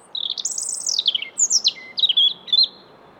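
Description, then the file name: European robin singing a long cascading warble that falls in pitch, a low whistle, then several clear high notes and trills. "Erithacus rubecula"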